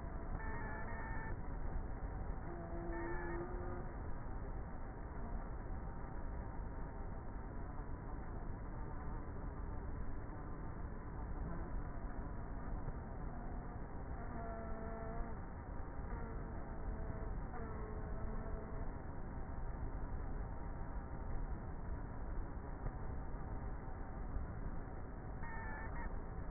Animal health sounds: honeybee colony, microphone inside the hive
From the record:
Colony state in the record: queenless with a low population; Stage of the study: before two queens were removed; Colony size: about 30,000 bees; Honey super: no

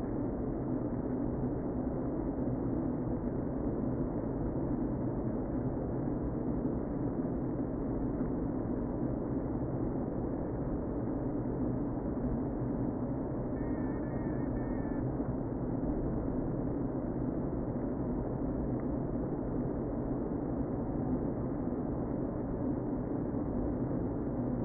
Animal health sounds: honeybee colony, microphone inside the hive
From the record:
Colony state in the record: queen present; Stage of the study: before two queens were removed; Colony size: about 60,000 bees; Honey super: yes

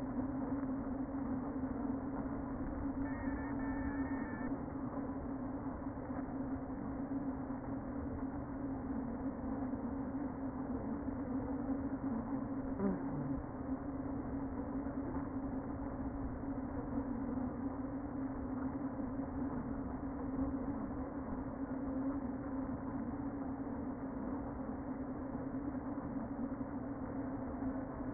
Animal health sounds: honeybee colony, microphone inside the hive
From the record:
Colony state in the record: queen present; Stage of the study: before two queens were removed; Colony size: about 60,000 bees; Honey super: yes

